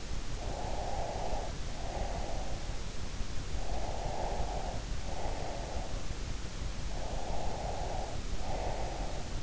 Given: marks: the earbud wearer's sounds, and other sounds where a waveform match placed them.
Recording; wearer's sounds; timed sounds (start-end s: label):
sounds in sleep by an in-ear microphone; breath
0.38-2.71 s: breath
3.68-6.01 s: breath
7.01-9.43 s: breath